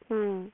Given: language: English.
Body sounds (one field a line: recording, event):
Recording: throat vibration sensor signal played as sound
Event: speech